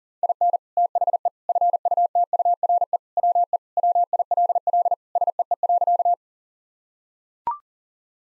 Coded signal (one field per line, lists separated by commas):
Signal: Morse code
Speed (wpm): 40 wpm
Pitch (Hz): 700 Hz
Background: none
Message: IN THE FUTURE WE WILL SEE.